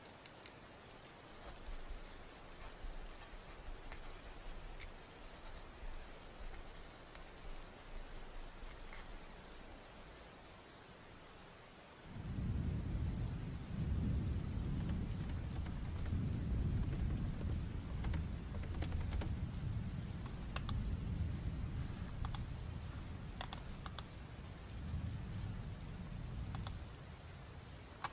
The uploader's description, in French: sons ASMR et de pluie